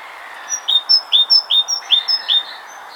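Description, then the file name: Great tit song: a clear two-note phrase, high note then lower note, repeated about five times in quick, even rhythm over a soft background hiss. "Parus major"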